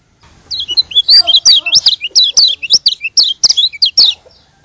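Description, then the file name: White-eye song, a fast, lively stream of high, twisting chirps and warbled notes running unbroken for about four seconds. Lombok. "burung kecial lombok"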